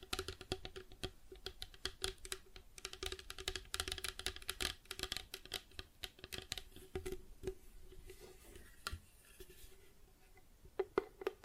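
Plastic objects tapped and scratched in a dense, irregular clatter of bright clicks, thinning after eight seconds, with a steady low hum underneath.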